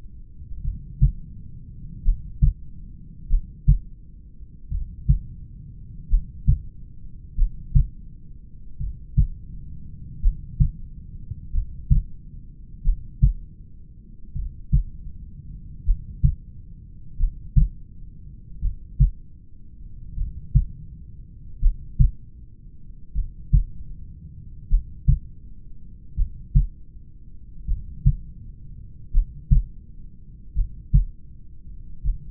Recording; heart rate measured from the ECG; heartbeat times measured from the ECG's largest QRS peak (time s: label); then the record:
heart sounds by stethoscope; 42 bpm
0.67 s: heartbeat
2.07 s: heartbeat
3.32 s: heartbeat
4.74 s: heartbeat
6.13 s: heartbeat
7.40 s: heartbeat
8.83 s: heartbeat
10.26 s: heartbeat
11.57 s: heartbeat
12.87 s: heartbeat
14.38 s: heartbeat
15.89 s: heartbeat
17.22 s: heartbeat
18.65 s: heartbeat
20.20 s: heartbeat
21.65 s: heartbeat
23.18 s: heartbeat
24.73 s: heartbeat
26.20 s: heartbeat
27.70 s: heartbeat
29.16 s: heartbeat
30.58 s: heartbeat
32.07 s: heartbeat
From the record:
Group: heart failure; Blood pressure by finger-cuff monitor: 90/62 mmHg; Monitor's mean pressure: 71 mmHg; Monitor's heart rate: 42 bpm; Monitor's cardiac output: 3.7 L/min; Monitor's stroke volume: 88 mL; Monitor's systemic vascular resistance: 1360 dyn s/cm5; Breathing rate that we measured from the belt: 13 breaths a minute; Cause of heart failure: familial cardiomyopathy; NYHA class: 1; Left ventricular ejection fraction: 49%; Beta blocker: bisoprolol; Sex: male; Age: 31 years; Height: 194 cm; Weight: 96 kg